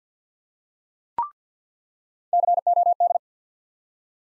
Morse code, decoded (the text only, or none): COD